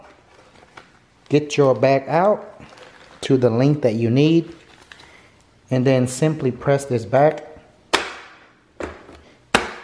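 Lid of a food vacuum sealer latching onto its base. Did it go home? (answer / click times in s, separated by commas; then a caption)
yes / 9.6 s. Someone talks while pressing the plastic lid of a Bonsenkitchen food vacuum sealer back down onto its base so it latches on both sides. After a few quieter sharp taps, a loud pop lock rings out at 9.6 s as the lid locks shut and seats.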